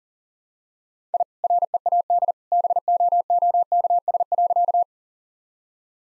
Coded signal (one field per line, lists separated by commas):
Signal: Morse code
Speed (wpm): 37 wpm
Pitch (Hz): 700 Hz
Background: none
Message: I READ BOOKS.